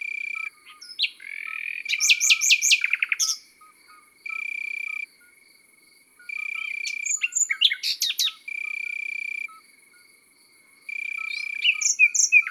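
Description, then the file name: Common nightingale singing varied phrases of rapid rising notes, sharp sweeps and whistles, interleaved with repeated steady insect trills and faint low chirps. Recorded in the countryside. "Rossignol philomele Chants doiseaux dans la campagne"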